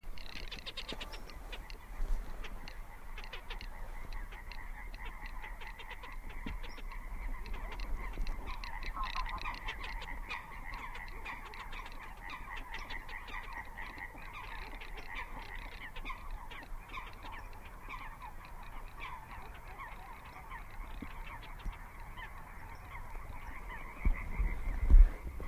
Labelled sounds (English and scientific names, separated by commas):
Garganey (Spatula querquedula) call